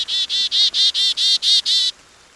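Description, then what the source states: Chickadee calls: a rapid run of eight harsh, buzzy notes, evenly repeated about four per second, then silence. Chickadees flying to feeders for sunflower seeds during a cold winter rain; winter.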